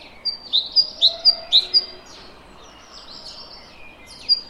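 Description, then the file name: Great tit song: a short series of sharp high two-note phrases, then fainter notes, over steady background noise. "Parus major"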